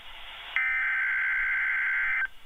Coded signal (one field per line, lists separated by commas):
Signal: Emergency Alert System (SAME) tones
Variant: header bursts